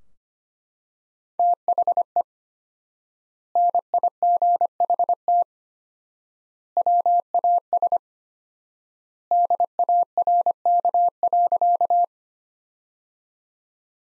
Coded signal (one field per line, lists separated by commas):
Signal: Morse code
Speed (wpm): 25 wpm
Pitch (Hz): 700 Hz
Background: none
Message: THE NIGHT WAS DARK.